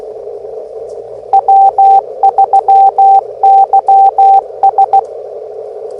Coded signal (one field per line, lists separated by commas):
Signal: Morse code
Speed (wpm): 16 wpm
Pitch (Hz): 780 Hz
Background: radio noise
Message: W3YS